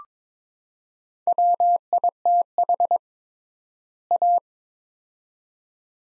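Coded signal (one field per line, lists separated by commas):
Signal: Morse code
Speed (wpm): 21 wpm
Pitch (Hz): 700 Hz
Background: none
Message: WITH A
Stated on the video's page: Morse word-pair copying practice at 22 wpm with triple word spacing, Farnsworth-like method; each set sent, spoken, then resent.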